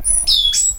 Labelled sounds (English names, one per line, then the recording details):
Stitchbird song
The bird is a male
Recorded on Tiritiri Matangi Island, New Zealand, in 2005
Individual 12, of nest box 16